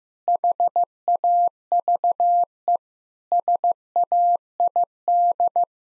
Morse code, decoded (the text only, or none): HAVE SAID